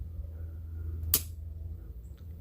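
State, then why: Seated. A steering wheel hub is pushed onto a VMS Racing slim quick release on the steering column adapter of an R32 Skyline and turned clockwise with some force until the lock button pops up. A single sharp click sounds at 1.1 s over a low steady hum, showing the wheel is locked, secure and tight.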